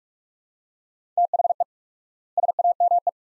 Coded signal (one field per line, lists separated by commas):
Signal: Morse code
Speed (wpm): 42 wpm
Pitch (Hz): 700 Hz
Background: none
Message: THE SAME